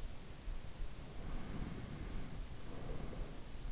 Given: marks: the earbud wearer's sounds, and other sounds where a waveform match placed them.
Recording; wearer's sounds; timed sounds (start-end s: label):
sounds in sleep by an in-ear microphone; breath
0.99-3.49 s: breath